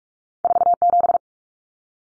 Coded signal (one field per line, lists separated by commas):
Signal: Morse code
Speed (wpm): 44 wpm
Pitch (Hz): 700 Hz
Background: none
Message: 47